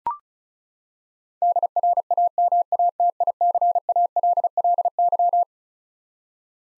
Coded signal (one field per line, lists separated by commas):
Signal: Morse code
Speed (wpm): 36 wpm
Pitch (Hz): 700 Hz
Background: none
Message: DRAMATICALLY